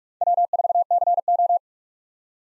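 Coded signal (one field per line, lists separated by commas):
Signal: Morse code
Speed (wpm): 56 wpm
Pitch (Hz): 700 Hz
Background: none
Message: W4CO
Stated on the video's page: Morse practice of USA 1x2 call signs, starting fast and slowing to a base speed; fastest is 1.5 times slowest, with a final repeat at maximum speed.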